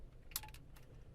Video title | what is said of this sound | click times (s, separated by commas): BMW 1 series heated steering wheel retrofit (E8X)(first ever?) | should click in as well | 0.4 s